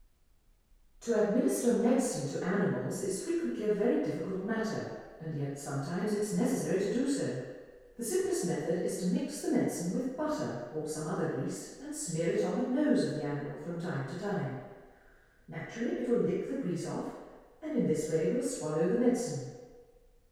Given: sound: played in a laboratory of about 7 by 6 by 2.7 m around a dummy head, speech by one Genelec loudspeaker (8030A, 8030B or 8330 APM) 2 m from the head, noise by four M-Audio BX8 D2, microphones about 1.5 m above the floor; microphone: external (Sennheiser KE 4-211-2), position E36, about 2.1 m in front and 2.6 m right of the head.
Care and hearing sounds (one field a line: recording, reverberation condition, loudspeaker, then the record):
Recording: female speech in English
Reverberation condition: high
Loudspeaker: in front (0 degrees)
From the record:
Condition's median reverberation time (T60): about 1300 ms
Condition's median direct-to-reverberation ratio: about -4.0 dB